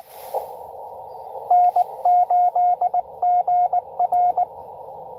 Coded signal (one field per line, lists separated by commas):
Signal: Morse code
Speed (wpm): 22 wpm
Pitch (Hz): 720 Hz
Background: radio noise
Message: N8GR